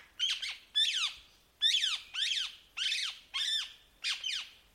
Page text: Попугай Крамера - Rose-ringed Parakeet (Psittacula krameri krameri)